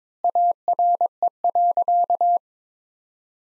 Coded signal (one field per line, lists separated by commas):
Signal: Morse code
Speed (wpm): 22 wpm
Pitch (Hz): 700 Hz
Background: none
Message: ARE.